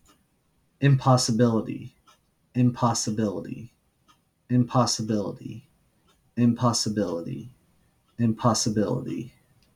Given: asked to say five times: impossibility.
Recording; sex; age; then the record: repeated word; male; 30 to 39 years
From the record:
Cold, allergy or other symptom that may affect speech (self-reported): no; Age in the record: 32 years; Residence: Missouri, United States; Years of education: 16